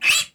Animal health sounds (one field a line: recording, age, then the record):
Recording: pig call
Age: piglet (1 to 25 days)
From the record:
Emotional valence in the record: negative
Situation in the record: restrain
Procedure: sham castration, fixation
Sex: male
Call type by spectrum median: high-frequency call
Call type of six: high-frequency stable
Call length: 0.34 s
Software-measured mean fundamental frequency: 127 Hz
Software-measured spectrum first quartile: 2629 Hz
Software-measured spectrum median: 3501 Hz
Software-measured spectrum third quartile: 6401 Hz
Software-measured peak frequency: 2611 Hz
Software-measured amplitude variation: 194 dB a second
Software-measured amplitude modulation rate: 7.3 a second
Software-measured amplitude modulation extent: 26.6 dB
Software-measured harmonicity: 5.2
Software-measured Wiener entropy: -2.10